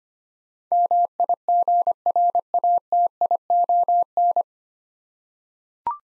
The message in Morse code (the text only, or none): MIGRATION